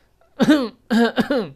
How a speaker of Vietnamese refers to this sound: Cô hắng giọng, nhìn người đàn ông đứng ở phía trên.